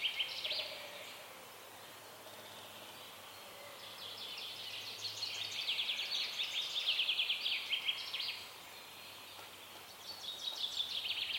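Birds in a forest, a dense chorus of high, bright chirps and trills that swells from about four to eight seconds and again near the end. Calls overlap continuously over a faint low hum in the background.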